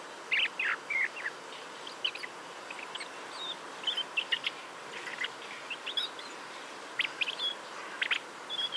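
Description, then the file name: Common blackbird giving brief chirps and squeaky notes at irregular intervals, with small bursts of several notes, against a faint hiss. "Turdus merula"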